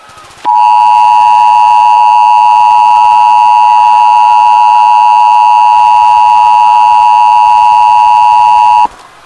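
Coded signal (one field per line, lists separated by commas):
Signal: Emergency Alert System (SAME) tones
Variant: 853 and 960 Hz attention tone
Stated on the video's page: Fictional EAS alert tones from a war scenario.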